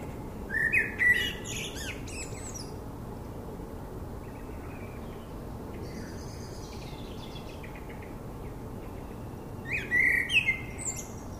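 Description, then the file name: Common blackbird song: a fluted phrase with a high twittering tail, then after a long pause another fluty phrase with high notes near the end. "Turdus merula"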